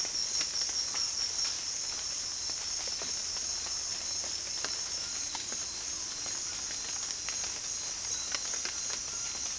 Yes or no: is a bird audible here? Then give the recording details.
no. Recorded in dense forest near Puerto Asís, Putumayo, Colombia, on 21 March 2025 at 16:30. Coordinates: 0.499, -76.324. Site GP03